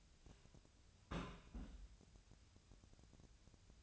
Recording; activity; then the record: daily activity, microphone in the room; place on stove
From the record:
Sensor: 2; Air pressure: 1009.8 hPa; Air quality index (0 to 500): 181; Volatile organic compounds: 10 ppm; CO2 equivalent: 2261 ppm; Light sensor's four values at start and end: 32/78/33/37 and 32/78/33/37